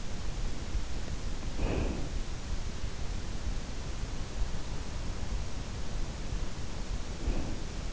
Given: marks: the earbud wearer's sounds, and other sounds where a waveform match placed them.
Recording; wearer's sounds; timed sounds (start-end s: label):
sounds in sleep by an in-ear microphone; breath
1.15-2.18 s: breath
6.96-7.93 s: breath